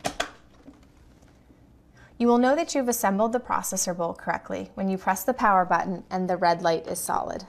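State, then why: Seated. A plastic lid handle on a Nutri Ninja Blender Duo System (BL682) food processor bowl is lowered and pushed firmly down until it latches, giving two sharp, short clicks at 0.1 s and 0.2 s. The lid seats shut on the bowl, followed by quiet and then someone talking.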